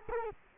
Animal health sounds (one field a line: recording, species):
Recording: mosquito wingbeat signal from an infrared sensor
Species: Culex quinquefasciatus